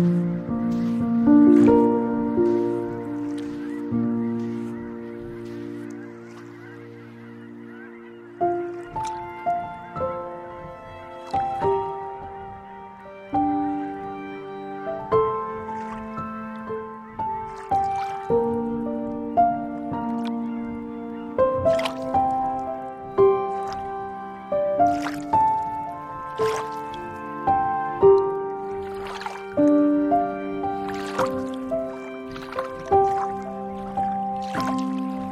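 Piano and strings play slow, sustained notes over soft drones, with gentle water lapping and dripping throughout. The first eight seconds hold a hazy chord; then melodic notes change every second or so, punctuated by frequent small wet clicks and splashes.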